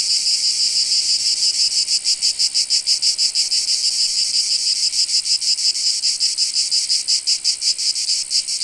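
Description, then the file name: Cicada call, a steady high-pitched rasping buzz broken into rapid, slightly uneven pulses that continue throughout. "Cicadas Euroblues"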